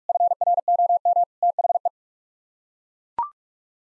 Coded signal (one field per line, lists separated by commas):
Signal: Morse code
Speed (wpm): 41 wpm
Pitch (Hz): 700 Hz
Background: none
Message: FROM THE